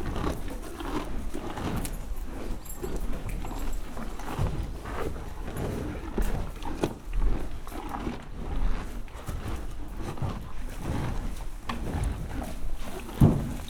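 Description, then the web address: Horses eating, with steady crunching and rustling, scattered knocks and thumps, and a constant low rumble underneath. Horses eating in a stable in a farmyard. "allathangok parasztudvar lo istallo lovakestehenesznek vizeles"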